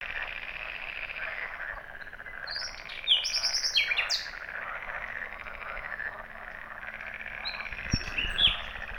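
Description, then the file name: Common nightingale song with a few short phrases of high whistles, over a steady background noise. "Luscinia megarhynchos"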